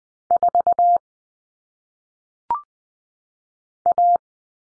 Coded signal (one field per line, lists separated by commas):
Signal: Morse code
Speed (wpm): 20 wpm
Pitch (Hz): 700 Hz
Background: none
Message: 4 A